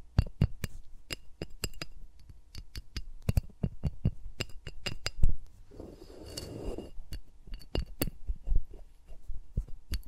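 ASMR finger sounds against the mics: rapid, irregular sharp taps and clicks throughout, with a soft rubbing swell around six seconds.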